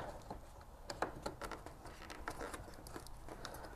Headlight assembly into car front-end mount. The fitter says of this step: not hearing a satisfying click on that I'm gonna hope that